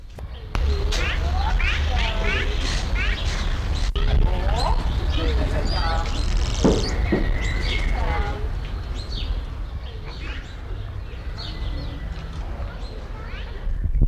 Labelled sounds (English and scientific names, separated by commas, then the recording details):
Red-rumped Cacique (Cacicus haemorrhous) call
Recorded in captivity
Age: adult
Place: Zoo Berlin, Berlin, DE
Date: 1994-06-11 11:46
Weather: heiter, 12-16°C
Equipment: Marantz CP 430, Sennheiser ME 80, Kopie Uher Variocord 263
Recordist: Tembrock, Günter